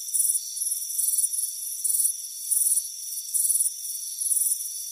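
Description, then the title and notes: Cricket chirps come in bright grouped pulses in quick succession, with a faint steady insect hum beneath. Crickets chirping on a warm afternoon at a front porch. "Soothing Crickets Chirping Sound. It's a warm afternoon as you relax in a hammock on the front porch. Relax and fall asleep to the soothing sound of chirping crickets. Deep Sleep Sounds"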